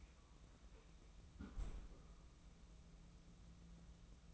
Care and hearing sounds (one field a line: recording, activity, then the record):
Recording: daily activity, microphone in the room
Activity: close fridge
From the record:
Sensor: 1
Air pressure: 994.5 hPa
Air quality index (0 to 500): 221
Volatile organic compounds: 1000 ppm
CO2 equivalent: 7949 ppm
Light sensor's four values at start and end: 139/318/142/157 and 139/317/142/157